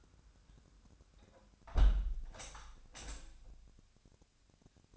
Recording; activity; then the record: daily activity, microphone in the room; close window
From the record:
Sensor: 2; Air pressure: 1006.2 hPa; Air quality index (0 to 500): 183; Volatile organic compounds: 10 ppm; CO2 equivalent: 2232 ppm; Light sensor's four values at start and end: 8/20/8/8 and 8/20/8/8